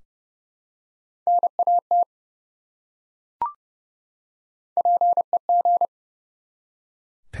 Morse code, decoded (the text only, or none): NAT PEG